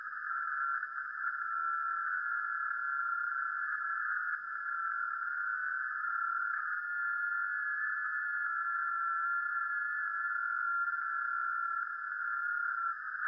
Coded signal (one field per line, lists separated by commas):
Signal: FT8